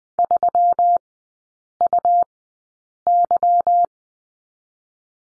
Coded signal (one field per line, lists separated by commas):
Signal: Morse code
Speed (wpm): 20 wpm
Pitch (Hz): 700 Hz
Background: none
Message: 3UY